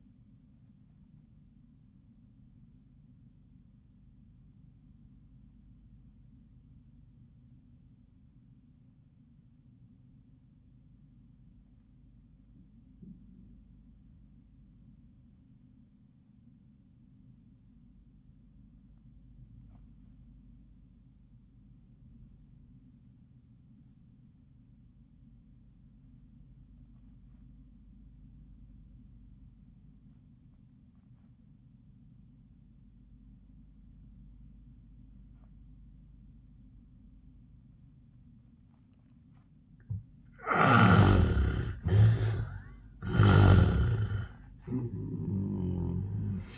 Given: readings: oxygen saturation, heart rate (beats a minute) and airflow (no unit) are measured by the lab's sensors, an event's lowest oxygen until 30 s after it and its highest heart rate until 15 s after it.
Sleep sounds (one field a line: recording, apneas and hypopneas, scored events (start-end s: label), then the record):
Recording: breathing in sleep by a smartphone at the bedside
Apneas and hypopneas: 1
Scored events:
3.00-40.90 s: obstructive apnea (REM, oxygen 94% highest, then 64% lowest, heart rate 90 at the start, 94 highest)
From the record:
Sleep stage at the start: REM sleep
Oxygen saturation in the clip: 66 to 94%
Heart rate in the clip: 61 to 96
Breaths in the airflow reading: 2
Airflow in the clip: -34.7 to 11.4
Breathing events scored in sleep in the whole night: 400 in 8.7 hours asleep